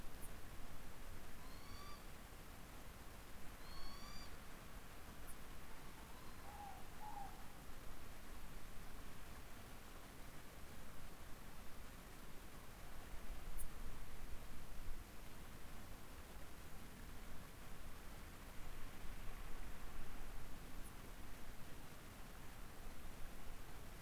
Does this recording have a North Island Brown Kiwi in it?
no